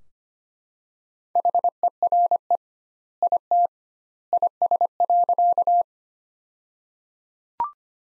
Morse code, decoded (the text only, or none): HERE IT IS.